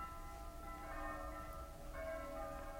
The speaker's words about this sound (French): C'est samedi soir, vous entendez? Et je ne puis me débarrasser d'un pressentiment idiot. C'est peut-être la dernière fois qu'elle sonne ainsi les cloches de notre ville.